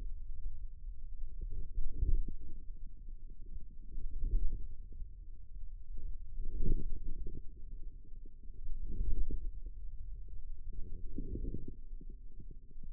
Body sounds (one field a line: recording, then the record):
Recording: forearm muscle sounds (acoustic myography)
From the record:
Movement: hand closing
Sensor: system 2, bracelet of six BSWA MPA416 microphones around the upper forearm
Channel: 3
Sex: female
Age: 22 years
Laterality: right